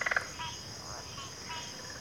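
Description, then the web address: Brief stretch of crickets' continuous high trill, opening with a quick burst of pulsed frog calls. Chorus of crickets at a backwater. "Natures Songs Sleep Sounds of Nature CRICKETS 03 Backwater Chorus"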